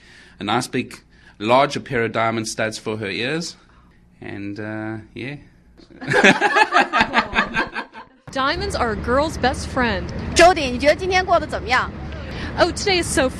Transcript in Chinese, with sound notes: And I speak a large pair of diamond studs for her ears. And...yeh....
(laughter) Diamonds are a girls' best friends.
Jody, 你觉得今天过得怎么样？
Oh, today is so fun!